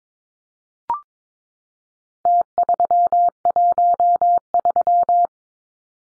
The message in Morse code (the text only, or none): T313